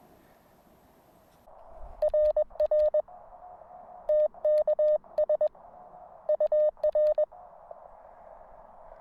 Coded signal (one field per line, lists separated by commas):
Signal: Morse code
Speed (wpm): 21 wpm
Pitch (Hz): 610 Hz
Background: none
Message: RR TKS UR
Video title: The Tin-Can Cargo-Pants Pocket HF Radio Station.